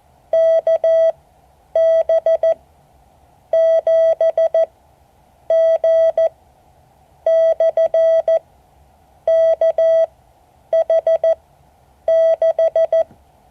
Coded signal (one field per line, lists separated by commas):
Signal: Morse code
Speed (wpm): 14 wpm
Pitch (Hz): 650 Hz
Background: none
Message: KB7G/KH6